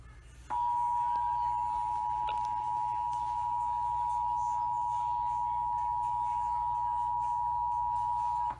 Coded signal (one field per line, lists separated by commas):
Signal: Emergency Alert System (SAME) tones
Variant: 853 and 960 Hz attention tone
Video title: Back At New Jersey...EAS Tests from July 21, 2020 (EAS #204-207)